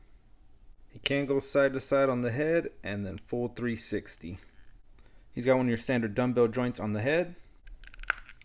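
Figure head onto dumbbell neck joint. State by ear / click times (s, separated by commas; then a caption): seated / 8.1 s. Someone talks about the figure's head movement, then pushes the plastic head of a 7-inch Super7 Ultimates TMNT action figure back onto its dumbbell neck joint. A few small clicks lead up to one sharp snap at 8.1 s as the head pops onto the joint and seats.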